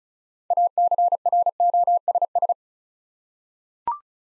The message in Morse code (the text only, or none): ACROSS